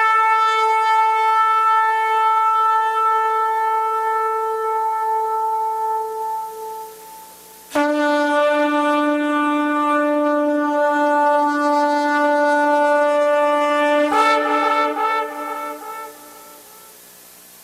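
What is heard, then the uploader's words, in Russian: A shofar sounds three long, steady blasts, each a rich horn tone that holds its pitch and then breaks off sharply, around 8 and 14 seconds. The second blast sits lower, and the third ends with a wavering, rattling flutter before fading. Звук шофара.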